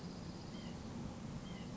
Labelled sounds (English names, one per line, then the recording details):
White-breasted Nuthatch
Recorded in Sonoma County, California